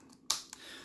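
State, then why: Seated. A Ruger SP101 three-inch revolver is pushed into its polished belt holster and snaps right in, with a sharp, bright click at 0.3 s. A fainter tap follows at about 0.5 s, with quiet handling noise before and after. The revolver is seated and retained in the holster.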